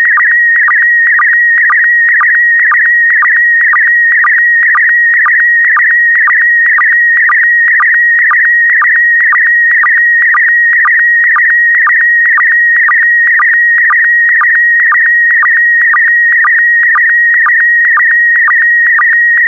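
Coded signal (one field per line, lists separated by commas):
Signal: SSTV (slow-scan television)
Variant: PD120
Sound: continuous warbling tone around 1.9 kHz with regular low clicks twice a second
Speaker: transmission complete you can now check your decoded image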